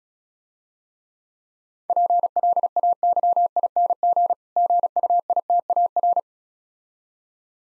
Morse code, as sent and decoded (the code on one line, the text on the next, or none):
.--. .-.. .- -.-- .. -. --. / --. ..- .. - .- .-.
PLAYING GUITAR